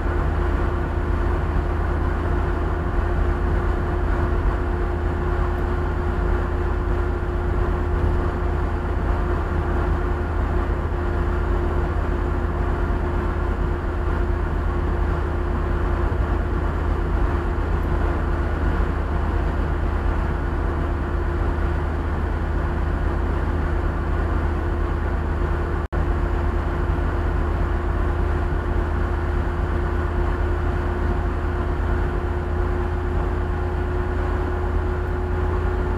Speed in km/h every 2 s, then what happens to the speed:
77, 78, 79, 79, 78, 78, 79, 77, 78, 78, 77, 77, 77, 78, 79, 78, 79, 79.
0-36 steady at about 78.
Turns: none.